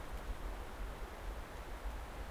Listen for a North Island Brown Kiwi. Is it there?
no